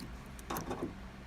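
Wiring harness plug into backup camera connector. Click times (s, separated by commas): 0.5 s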